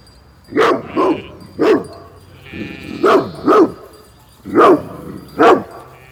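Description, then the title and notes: Dog barking repeatedly, several loud deep barks, some in quick pairs, with a brief buzzy bleat-like sound in the middle. Patou watchdog guarding a herd of Scottish Blackface sheep, Raymond Island, Paillet, France; wet soundwalk, binaural, Zoom H4n with Soundman OKM II classic and Rode NT4. "Paillet, France - RAYMOND ISLAND_WET_SOUNDWALK_PATOU_SHEEP_2_BINAURAL. Herd of"Scotish black face" with "Patou" the watchdog, always there ! // Un troupeau de "Scotish black face" toujours gardé par Patou !"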